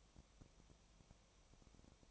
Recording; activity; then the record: daily activity, microphone in the room; no activity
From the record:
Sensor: 1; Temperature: 19.4 degrees Celsius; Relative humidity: 35.7%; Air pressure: 1003.3 hPa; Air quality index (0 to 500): 113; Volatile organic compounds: 2 ppm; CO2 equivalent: 1258 ppm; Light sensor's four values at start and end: 1/2/1/1 and 1/2/1/1